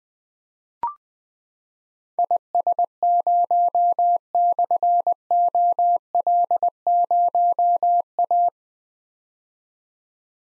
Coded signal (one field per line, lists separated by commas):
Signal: Morse code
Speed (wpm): 21 wpm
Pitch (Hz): 700 Hz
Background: none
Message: IS0/OL0A